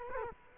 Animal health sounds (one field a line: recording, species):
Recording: mosquito wingbeat signal from an infrared sensor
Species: Culex quinquefasciatus